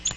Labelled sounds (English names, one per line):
Yellow-rumped Warbler flight call